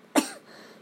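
A single short, sharp cough burst with an abrupt onset and a quick fade, with nothing else audible besides faint room noise. It is one isolated cough from an adult woman whose cough is slowly going away after using her inhaler; she has some trouble breathing while lying down, not life-threatening.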